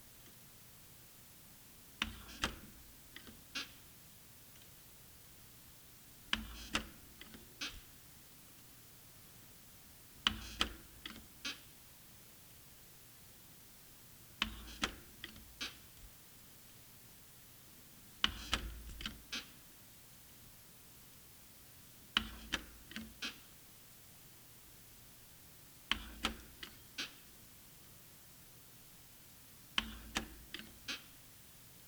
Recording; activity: daily activity, guitar pickup as the sensor; manipulate door